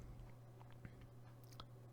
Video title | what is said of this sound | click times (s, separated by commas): Nissan Backup Camera Problem Fixed | Pops into place, and then just reconnect the electrical connector. | 1.6 s